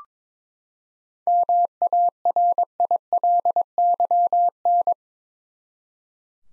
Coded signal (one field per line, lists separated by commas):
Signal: Morse code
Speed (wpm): 22 wpm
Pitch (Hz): 700 Hz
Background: none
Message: MARILYN